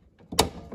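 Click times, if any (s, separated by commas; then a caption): 0.4 s. An inkjet cartridge is pushed with moderate force into its slot in the carriage of an HP 4110e printer. A sharp click at 0.4 s marks it snapping into place, followed by a fainter tap at 0.7 s. The cartridge is seated.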